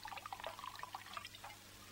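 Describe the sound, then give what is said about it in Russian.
A housekeeper pours white wine into a glass at a dining table, with a soft, bubbly glugging that rises in quick, high-pitched splashes, a quiet, steady stream lasting a couple of seconds with no voices. “Кожемякину наливает светлое вино.”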